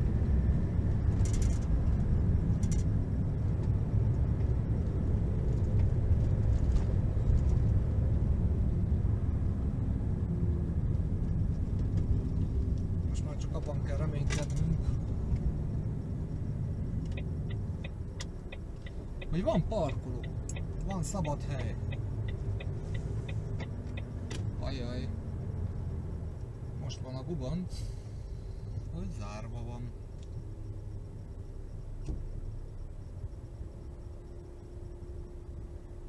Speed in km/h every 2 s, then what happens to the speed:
55, 51, 54, 54, 50, 43, 38, 30, 19, 13, 15, 14, 12, 11, 9, 8, 4, 4.
0-7 steady at about 54. 7-17 brakes to 13. 21-36 slows to 4.